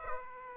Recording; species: mosquito wingbeat signal from an infrared sensor; Aedes aegypti